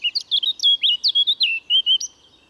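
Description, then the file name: Eurasian blackcap giving a short burst of loud, clear, fluty whistles, mixed with a few quick twittering notes, in a quiet background. "Sylvia atricapilla"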